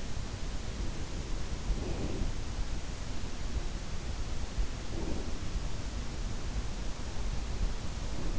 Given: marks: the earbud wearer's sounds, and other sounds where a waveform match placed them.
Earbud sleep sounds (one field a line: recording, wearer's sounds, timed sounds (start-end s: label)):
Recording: sounds in sleep by an in-ear microphone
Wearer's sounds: breath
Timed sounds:
1.19-2.87 s: breath
4.42-5.71 s: breath